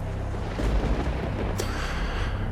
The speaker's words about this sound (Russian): Где-то вдалеке грохочет гроза.